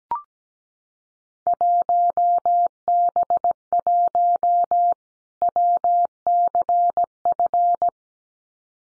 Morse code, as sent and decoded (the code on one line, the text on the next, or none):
.---- -... .---- / .-- -.-. ..-.
1B1 WCF